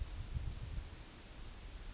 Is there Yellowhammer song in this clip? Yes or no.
no